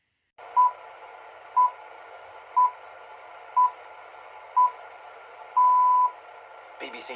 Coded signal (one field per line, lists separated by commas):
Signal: radio time signal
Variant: time pips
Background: speech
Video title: BBC Radio 4 The Shipping Forecast Compilation January 2024